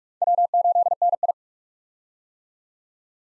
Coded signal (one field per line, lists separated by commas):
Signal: Morse code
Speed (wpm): 44 wpm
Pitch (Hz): 700 Hz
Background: none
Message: W8NI